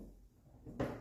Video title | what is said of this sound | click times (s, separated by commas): Reloading . . . Hornady Lock-N-Load . . . 9mm X 19 Para/Luger | And if you've done it right, you'll hear it pop just like that as it comes out. | 0.8 s